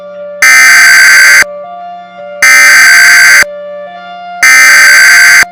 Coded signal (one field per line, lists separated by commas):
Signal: Emergency Alert System (SAME) tones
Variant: header bursts